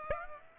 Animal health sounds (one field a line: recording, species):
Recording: mosquito wingbeat signal from an infrared sensor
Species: Aedes aegypti